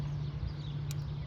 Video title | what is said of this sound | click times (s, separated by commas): 2001-04 Kia Rio Fuel and Brake Line Change Part 4 | you'll hear an audible click | 0.9 s